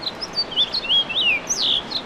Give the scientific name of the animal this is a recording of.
Haemorhous mexicanus